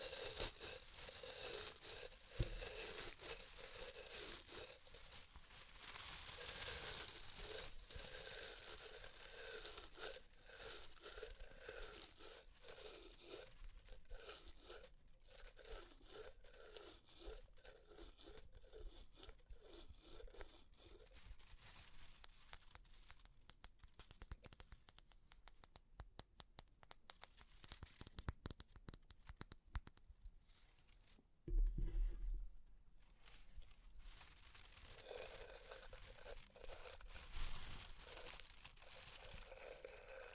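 Experimental triggers played on test tubes: a dense, bright crinkling and tearing texture runs almost throughout, with a rhythmic scraping pattern repeating about once a second for the first twenty seconds. Later it breaks into rapid clicks and taps, with a short low thump near thirty-two seconds.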